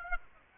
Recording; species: mosquito wingbeat signal from an infrared sensor; Aedes aegypti